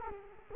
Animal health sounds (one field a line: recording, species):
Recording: mosquito wingbeat signal from an infrared sensor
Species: Culex quinquefasciatus